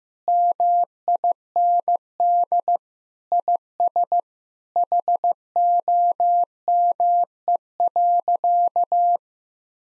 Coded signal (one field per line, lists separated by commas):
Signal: Morse code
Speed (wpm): 15 wpm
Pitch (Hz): 700 Hz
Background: none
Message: MIND IS HOME.